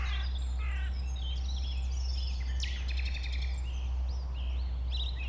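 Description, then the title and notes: Common nightingale song: fast slurred whistles broken by a loud run of hard repeated clicks, against other birds and a steady low drone. Nightingale settled with a few others on the banks of a stream forming a pond, 1500 m from the A20; recorded around 8 am, Sunday 12 April. "Un Rossignol Envers Et Contre Tout. un rossignol venu avec quelques autres s'installer sur les rives d'un ruisseau formant un étang à 1500 mètres de l'A 20. Ces moments ont été enregistrés vers 8h le dimanche 12 avril"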